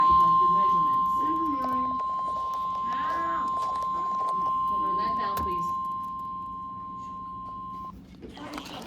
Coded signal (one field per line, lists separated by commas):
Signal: Emergency Alert System (SAME) tones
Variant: 1050 Hz attention tone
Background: speech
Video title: KIH35 RWT (EAS 238)